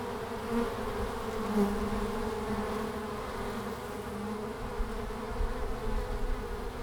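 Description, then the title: Honey bees buzzing, a dense continuous hum with individual fliers swelling and fading as they pass, and a soft low rumble underneath. Langel, Köln, Germany, in March at 20 °C during sunny hours; many bees flying out; recorder placed directly below the hive entrance hole; some bees briefly caught in the windshield fur. "Langel, Köln, Deutschland - Bienen im März. Bees in march"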